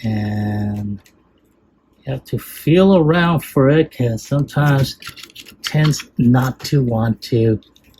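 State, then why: Not seated. A plastic leg part is being fitted into the leg of a Transformers Studio Series '86 #19 Dinobot Snarl action figure during transformation. Someone talks while feeling around for the part's position, with a hum at the start and faint handling noises. Nothing has seated or clicked yet.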